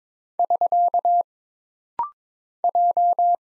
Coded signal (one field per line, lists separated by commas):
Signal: Morse code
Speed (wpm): 22 wpm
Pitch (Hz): 700 Hz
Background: none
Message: <SK> J